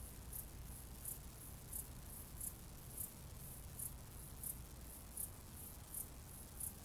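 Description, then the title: Cicada: thin, high buzzy pulses spaced about 0.7 seconds apart, set against a dull low-frequency rumble. "jsfanclub_cicade"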